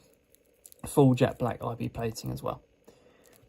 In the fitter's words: It's got a nice click down as well.